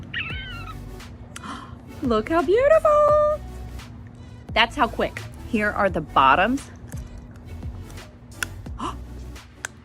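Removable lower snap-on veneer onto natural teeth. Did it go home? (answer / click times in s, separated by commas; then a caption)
yes / 8.4 s, 9.6 s. Someone talks over music while pressing removable lower snap-on veneers onto the natural lower teeth. Sharp snaps are heard at 8.4 s and 9.7 s as the veneers click into place, and they seat with a firm, tight grip.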